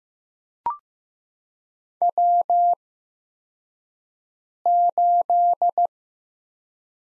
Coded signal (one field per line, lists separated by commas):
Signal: Morse code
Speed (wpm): 15 wpm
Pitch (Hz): 700 Hz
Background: none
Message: W8